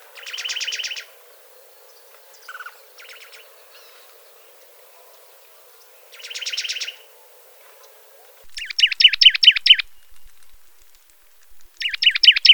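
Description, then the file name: Juniper titmouse song: quick, even high-pitched trills repeated several times throughout, with a brief lower note early on. "baeolophus ridgwayi"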